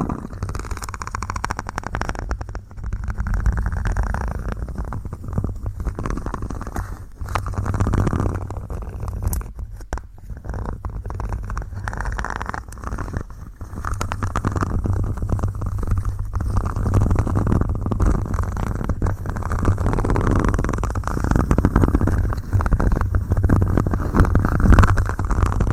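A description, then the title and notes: ASMR scratching, a dense, continuous rasping with constant quick strokes, mostly low and mid in pitch, under a steady low rumble throughout. ASMR scratching you to sleep.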